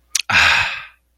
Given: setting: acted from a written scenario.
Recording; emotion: vocal sound without words; serenity